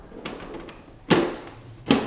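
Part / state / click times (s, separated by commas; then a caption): front panel onto ductless heat pump indoor head / seated / 1.1 s, 1.9 s. The plastic front panel of a ductless heat pump indoor head is lowered and pressed closed. After some faint handling taps, it pops into place with sharp snaps at 1.1 s and 1.9 s. The panel is seated.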